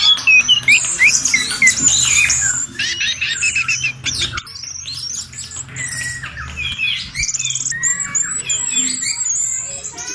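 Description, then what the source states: Birds chirping and twittering in a lively mix of short, high notes, quick trills and brief whistles, some bursts separated by short pauses, several birds overlapping. Birdsong chorus used for training pet birds to sing.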